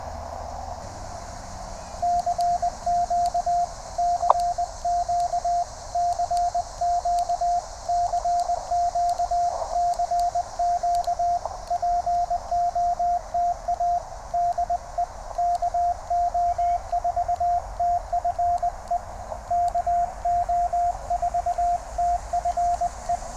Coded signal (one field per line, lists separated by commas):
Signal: Morse code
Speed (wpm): 20 wpm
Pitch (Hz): 700 Hz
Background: radio noise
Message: CQ CQ CQ CQ CQ POTA DE KO4TFE KO4TFE